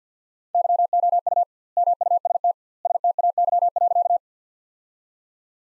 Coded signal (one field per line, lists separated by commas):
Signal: Morse code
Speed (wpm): 50 wpm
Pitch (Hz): 700 Hz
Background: none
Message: YOU MUST STAY.